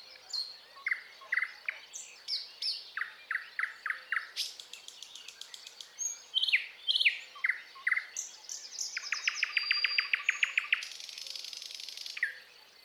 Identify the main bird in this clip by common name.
Thrush Nightingale